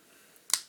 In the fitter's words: qu'on entend bien un clic